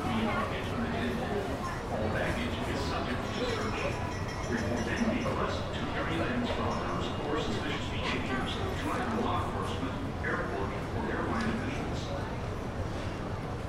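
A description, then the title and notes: Many passengers murmur at once in an airport, their voices blending into a steady, dense babble with no single speaker standing out. Short rustles and shuffles of belongings poke through now and then, and a low hum runs underneath throughout. As we approach the TSA checkpoint, the air is filled with a subtle buzz of anticipation. The murmurs of fellow passengers, the gentle shuffling of belongings, and the distant hum of security equipment. The unique soundscape of airport travel.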